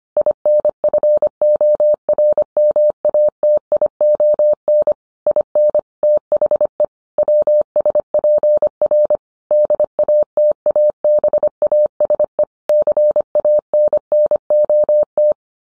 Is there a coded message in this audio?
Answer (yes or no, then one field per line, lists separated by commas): yes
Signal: Morse code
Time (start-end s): 0.2-15.3 s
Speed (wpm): 25 wpm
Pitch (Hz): 600 Hz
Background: none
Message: INFORMATION IN THE WSPR DATABASE CANNOT